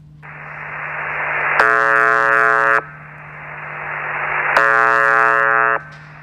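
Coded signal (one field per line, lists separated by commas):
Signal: channel marker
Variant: UVB-76 (The Buzzer)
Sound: two harsh, low buzzes, each about a second long, separated by radio hiss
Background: radio static, low hum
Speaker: And for 30 years, it was mostly remarkable only for its monotony. It just broadcasts this buzzing tone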